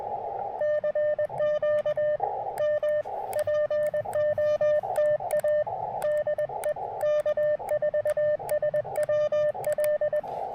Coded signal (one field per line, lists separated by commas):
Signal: Morse code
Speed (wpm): 20 wpm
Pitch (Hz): 600 Hz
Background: radio noise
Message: CQ M POTA DE K4SWL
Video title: Late-Shift QRP & Coffee: Testing the Chelegance MC-750 80M Coil During a PM POTA Activation!